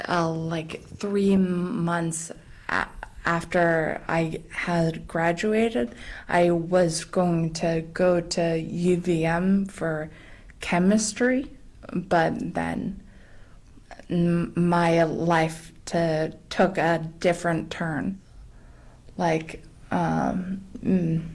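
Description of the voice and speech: Adult woman speaking slowly with prolonged sounds, fillers and long pauses, consistent with aphasia. She has lived with aphasia for 19 years following a bike accident, struggling with language and word finding.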